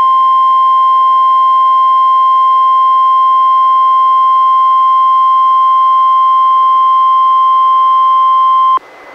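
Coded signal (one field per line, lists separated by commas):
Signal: Emergency Alert System (SAME) tones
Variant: 1050 Hz attention tone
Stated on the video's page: Two NOAA Weather Radio required weekly tests, received on a Reecom R-1630 weather radio and recorded through a Zoom H1 recorder.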